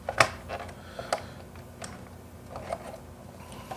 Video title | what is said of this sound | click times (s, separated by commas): Urban Crawlers Random Live | now it's locked into place okay so we have that situated now | 0.2 s